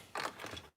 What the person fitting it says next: that snaps into place nicely